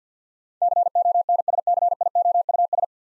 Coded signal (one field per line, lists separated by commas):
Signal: Morse code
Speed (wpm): 50 wpm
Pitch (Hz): 700 Hz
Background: none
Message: CONSCIOUS